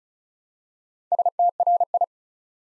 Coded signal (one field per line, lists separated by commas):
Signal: Morse code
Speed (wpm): 36 wpm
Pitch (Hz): 700 Hz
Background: none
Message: STRI